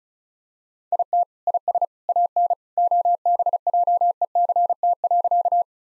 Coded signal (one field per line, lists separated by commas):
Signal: Morse code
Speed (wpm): 36 wpm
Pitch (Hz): 700 Hz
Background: none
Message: IT IS AN OBJECT.